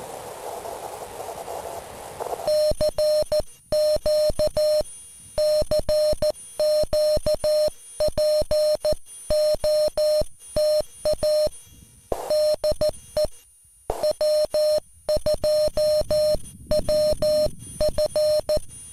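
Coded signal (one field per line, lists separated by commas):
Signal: Morse code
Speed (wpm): 14 wpm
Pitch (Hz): 610 Hz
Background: music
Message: CQ CQ POTA DE W2WF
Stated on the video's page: QRP CW POTA park activation with a (tr)uSDX transceiver and DX Commander pole antenna, morning operation.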